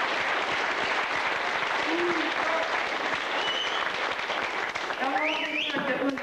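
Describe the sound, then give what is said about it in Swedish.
Steady, dense audience applause fills the whole stretch, a broad wash of many hands clapping at an even level, with a few brief voices or whistles rising faintly through it near the end. “Vi ger honom en varm applåd.”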